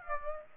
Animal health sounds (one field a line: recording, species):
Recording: mosquito wingbeat signal from an infrared sensor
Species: Aedes aegypti